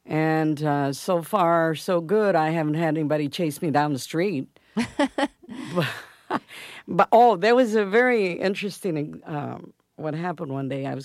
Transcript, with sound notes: And so far, so good. I haven't had anybody chase me down the street.
(LAUGHTER)
Oh, there was a very interesting - what happened one day,